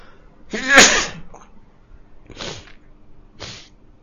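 A single loud, explosive sneeze bursts out, followed by two shorter, softer breathy puffs spaced about a second apart, with no talking around them.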